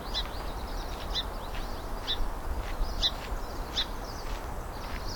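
Bird calls, short high chirps repeated about once a second, partly masked by steady loud background noise.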